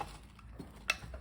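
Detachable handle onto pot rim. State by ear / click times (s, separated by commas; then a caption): not seated / none. A detachable handle is pushed onto a pot's rim, and a sharp metallic clink is heard at about 0.9 seconds, with fainter taps around 0.4 and 1.1 seconds. The handle fails to lock, and nothing has seated or clicked yet. Someone talks, questioning whether the product is defective.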